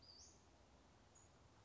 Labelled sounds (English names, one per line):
Western Flycatcher